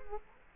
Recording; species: mosquito wingbeat signal from an infrared sensor; Culex quinquefasciatus